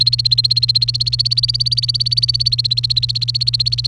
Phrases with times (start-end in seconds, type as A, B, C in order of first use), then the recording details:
0.00-3.87 A. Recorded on 28 April 2018 at 13:36. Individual llb3